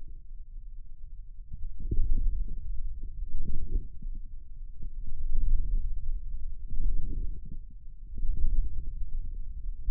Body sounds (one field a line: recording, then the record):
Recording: forearm muscle sounds (acoustic myography)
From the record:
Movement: radial deviation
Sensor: system 2, bracelet of six BSWA MPA416 microphones around the upper forearm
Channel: 6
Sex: male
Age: 22 years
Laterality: right